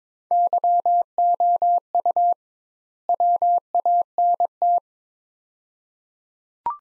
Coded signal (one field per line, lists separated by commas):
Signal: Morse code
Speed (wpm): 22 wpm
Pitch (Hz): 700 Hz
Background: none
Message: YOU WANT